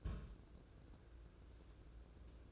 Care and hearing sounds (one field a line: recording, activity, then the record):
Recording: daily activity, microphone in the room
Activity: place on stove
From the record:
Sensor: 2